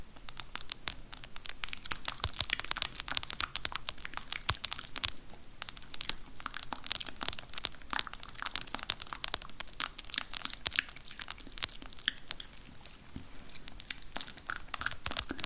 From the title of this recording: Girl With Long Nails Spit Paints You With Random Objects